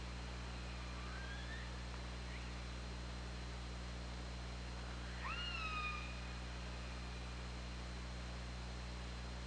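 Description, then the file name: Killer whale calls: two soft rising squeaks early, then one stronger upsweeping call that flattens into a long harmonic tone, with constant low hum throughout. Recorded on the OrcaLab hydrophone, 24 August 2017 at 21:34. "Orca Lab UTLN JASON 20170824 213442"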